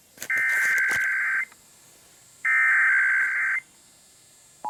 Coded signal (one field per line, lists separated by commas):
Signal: Emergency Alert System (SAME) tones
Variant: header bursts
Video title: VISIBLE FRUSTRATION... EAS Alerts from 2/17/22 (EAS 7376-7391)